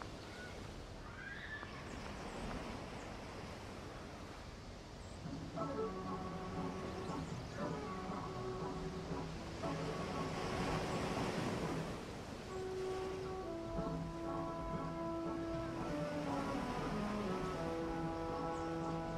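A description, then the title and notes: Ocean waves wash steadily throughout, with fuller surges around the middle. From about five seconds on, drawn-out tonal calls that sound like seagulls ring over the surf, stepping between several pitches and growing busier toward the end. Ocean waves w/ birds, seagulls.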